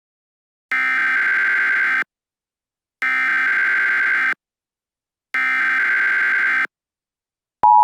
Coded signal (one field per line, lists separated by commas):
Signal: Emergency Alert System (SAME) tones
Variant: header bursts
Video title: EAS Scenario (Random) - [[V. H. -- Announcement]]